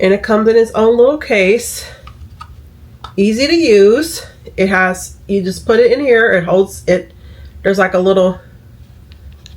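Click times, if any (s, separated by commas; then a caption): 9.5 s. A razor is pushed into the holder inside its plastic travel case while someone talks. It snaps into place with a short click at 9.5 s, and the razor ends up seated in the holder.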